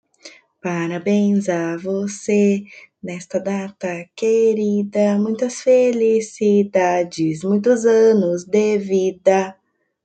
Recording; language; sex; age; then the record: short text; Brazilian Portuguese; female; 20 to 29 years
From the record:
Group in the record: control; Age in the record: 23 years